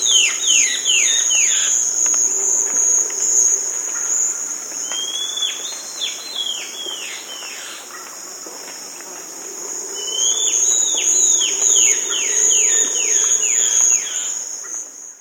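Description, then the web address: Chestnut-crested Antbird singing three quick series of clear whistles, each note dropping in pitch, the series separated by pauses, against a continuous high-pitched hum. South America. "Natures Songs S America Chestnut-Crested Antbird"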